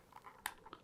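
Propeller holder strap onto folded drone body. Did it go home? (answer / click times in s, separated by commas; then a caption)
yes / 0.5 s. A protective propeller holder strap is pushed into its slot on a folded DJI Mini 4 Pro drone body, with its two tabs lined up over the folded propellers. Faint, softer ticks at about 0.2 s, 0.3 s and 0.7 s surround one sharp, bright click at 0.5 s (0.46 s) when the strap seats.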